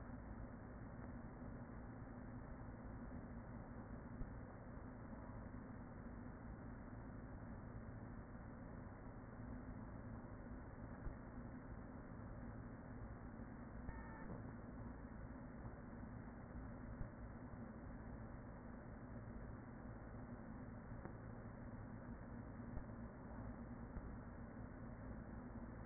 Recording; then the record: honeybee colony, microphone inside the hive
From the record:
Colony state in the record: queen present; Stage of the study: after two queens were removed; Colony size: about 40,000 bees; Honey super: no